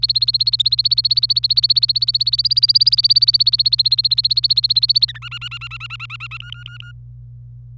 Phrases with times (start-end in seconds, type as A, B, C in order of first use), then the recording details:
0.00-5.05 A, 5.08-5.18 B, 5.22-6.37 C, 6.40-6.91 D. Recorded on 26 April 2018 at 07:32. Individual llb3